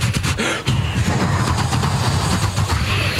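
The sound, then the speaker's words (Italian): A voice imitates a pedal-operated train toilet flushing with suction: a loud, steady rushing whoosh with a low rumble, lasting about three seconds with a brief dip early on, and no talking. “E poi quando andava sul treno sempre faceva l'imitazione del bagno sui treni.”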